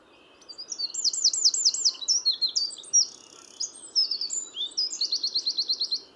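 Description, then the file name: Eurasian wren song of rapid, high, ringing trills and chattering phrases, ending in a fast, even, repeated note series. "Troglodytes troglodytes"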